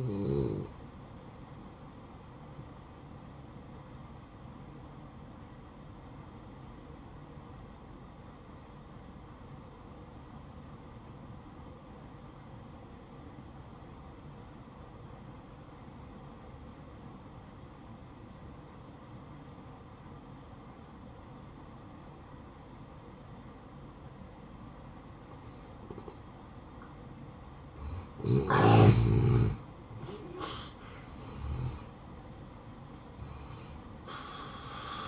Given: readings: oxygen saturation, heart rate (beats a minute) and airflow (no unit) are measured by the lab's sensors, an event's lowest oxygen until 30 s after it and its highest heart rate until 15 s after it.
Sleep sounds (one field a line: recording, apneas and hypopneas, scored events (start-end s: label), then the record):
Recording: breathing in sleep by a smartphone at the bedside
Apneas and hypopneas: 1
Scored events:
3.00-28.10 s: hypopnea (N1, oxygen 95% highest, then 86% lowest, heart rate 58 at the start, 71 highest)
11.00-35.08 s: new sleep stage, N2 (light sleep)
From the record:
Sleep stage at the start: N1 (lightest sleep)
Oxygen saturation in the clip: 87 to 95%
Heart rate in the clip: 57 to 71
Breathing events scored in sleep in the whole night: 573 in 9.8 hours asleep